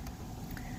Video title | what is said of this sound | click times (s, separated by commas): Microscope handling and parts | you switch it also make sure it clicks into place | 0.6 s